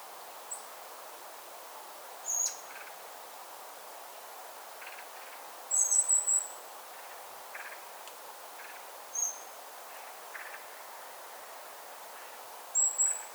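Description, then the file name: Eurasian blackbird uttering scattered thin, very high notes, some single, some in short clustered bursts, spaced irregularly, with soft lower sounds between them. "Turdus merula"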